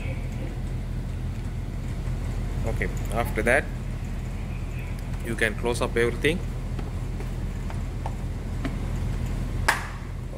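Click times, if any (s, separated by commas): 9.7 s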